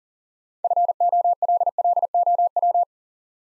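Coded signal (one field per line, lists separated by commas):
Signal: Morse code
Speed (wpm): 42 wpm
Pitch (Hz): 700 Hz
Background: none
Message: FOLLOW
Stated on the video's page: Morse practice at 40 wpm: first three letters spoken, then the six-letter word sent, spoken, and sent again.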